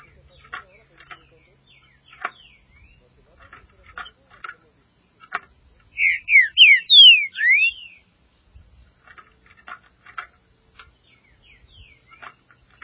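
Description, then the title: Green-winged saltator gives a loud phrase of several rapid, swooping whistles mid-way, surrounded by sparse faint ticks and chip notes. "Trinca Ferro"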